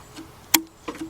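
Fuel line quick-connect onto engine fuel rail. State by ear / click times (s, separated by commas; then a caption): seated / 0.6 s. A fuel line quick-connect fitting is pushed onto an engine fuel rail with its small tabs lined up with the slot, and it snaps home with a sharp click at 0.6 s. A softer second tick follows at about 0.9 s. The fitting is seated in place.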